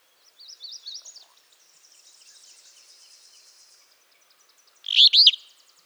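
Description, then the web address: Tyrannulet song: a thin, rapid series of high notes at first, then a faint buzzy trill, ending with a loud pair of sharp, slurred notes. "cantos mosquetaboreal"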